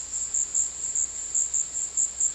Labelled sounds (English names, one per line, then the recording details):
none
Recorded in secondary vegetation near Puerto Asís, Putumayo, Colombia, on 20 February 2024 at 16:00
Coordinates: 0.481, -76.323
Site G6376